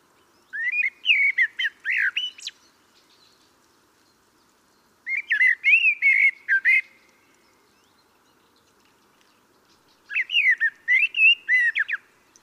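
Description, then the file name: Common blackbird delivering three rich, whistled phrases about five seconds apart. Each phrase slides through varied fluty notes before breaking into scratchy high squeaks. "Turdus merula"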